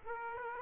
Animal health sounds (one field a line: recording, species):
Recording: mosquito wingbeat signal from an infrared sensor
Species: Aedes aegypti